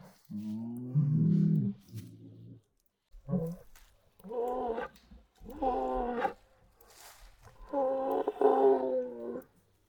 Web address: lion moan